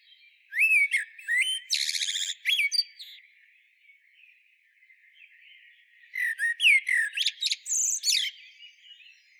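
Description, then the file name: Eurasian blackbird song: two phrases of rising whistled notes and scratchy, high twittering, with a quiet interval of about three seconds between them. "Turdus merula"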